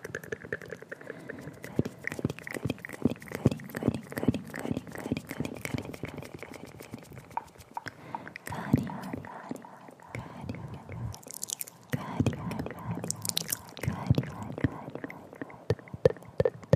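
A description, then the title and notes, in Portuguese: Wet mouth sounds repeat in dense, quick clicks and smacks, with soft chewing-like bites and brief whispery breaths between them. The pace stays busy throughout, easing slightly near the middle, and two bright hissing bursts come in around eleven and thirteen seconds. ASMR COM ECO: SONS DE BOCA INFINITOS. ASMR intenso com sons de boca molhados.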